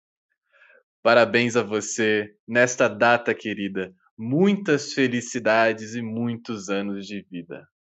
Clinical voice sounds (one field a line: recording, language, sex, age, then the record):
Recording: short text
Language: Brazilian Portuguese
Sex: male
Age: 20 to 29 years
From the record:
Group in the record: control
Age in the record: 26 years